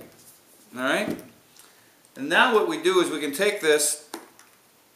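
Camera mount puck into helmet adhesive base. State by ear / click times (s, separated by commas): seated / 4.1 s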